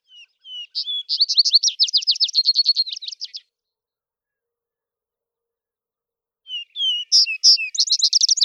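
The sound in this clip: Vesper sparrow giving two songs about three seconds apart, each opening with soft whistled notes before a quick run of buzzy trills and chips.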